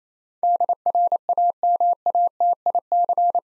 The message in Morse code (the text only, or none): DRAMATIC